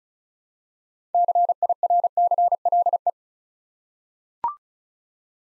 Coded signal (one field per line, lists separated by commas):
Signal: Morse code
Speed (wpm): 36 wpm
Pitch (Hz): 700 Hz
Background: none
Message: CIRCLE